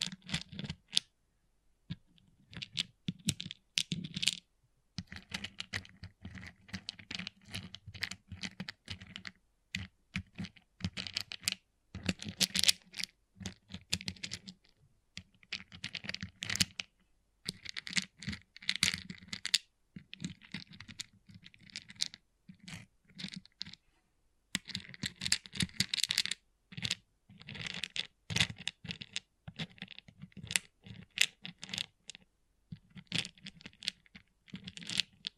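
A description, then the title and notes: Pixel art beads click and rattle in rapid, dense bursts of sharp bright taps, broken by brief pauses near 2, 5 and 24 seconds. ASMR Relaxing Pixel Art Beads ( No Talking).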